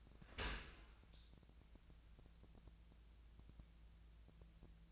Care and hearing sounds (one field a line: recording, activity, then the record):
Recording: daily activity, microphone in the room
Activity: open dishwasher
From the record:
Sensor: 2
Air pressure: 1000.3 hPa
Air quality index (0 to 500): 165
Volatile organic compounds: 3 ppm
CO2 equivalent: 1367 ppm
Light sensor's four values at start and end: 11/31/12/14 and 11/31/12/14